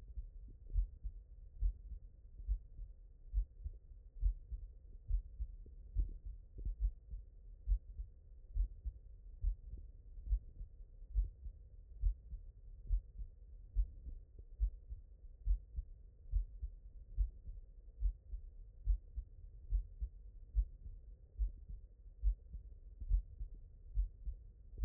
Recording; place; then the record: heart sounds by stethoscope; mitral valve (MV)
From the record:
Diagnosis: non-HFrEF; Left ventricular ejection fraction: 64%